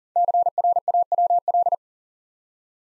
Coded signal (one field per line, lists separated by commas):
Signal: Morse code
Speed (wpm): 40 wpm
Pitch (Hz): 700 Hz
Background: none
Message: CRAWL